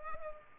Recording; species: mosquito wingbeat signal from an infrared sensor; Culex quinquefasciatus